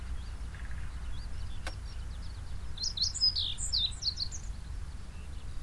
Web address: nasutomo 20 sound shijyukara